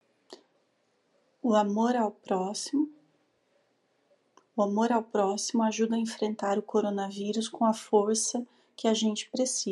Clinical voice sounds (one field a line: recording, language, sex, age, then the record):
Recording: spoken sentence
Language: Brazilian Portuguese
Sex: female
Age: 40 to 49 years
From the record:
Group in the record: control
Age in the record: 41 years